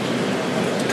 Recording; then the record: background sound without coughing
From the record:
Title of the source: Office Sounds Ambience - Background Noise for Study and Work